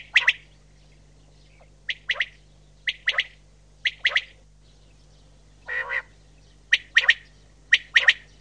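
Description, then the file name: Common quail calling with sharp, clicky double notes repeated about once a second, plus a lower, nasal note near the middle; a steady low hum runs underneath. "QUAGLIA"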